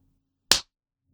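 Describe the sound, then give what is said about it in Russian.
A single sharp slap of a palm against one's own face, a crisp smack with a quick fall-off, alone against near silence. “Лихао шлепнул себе ладонью по лицу.”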